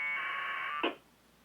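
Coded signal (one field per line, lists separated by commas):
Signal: packet radio (AX.25, as in APRS)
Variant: 1200 baud AFSK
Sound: one short harsh warbling two-tone data burst, then a click and quiet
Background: radio static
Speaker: i'm just in one last hail mary beacon see if it goes through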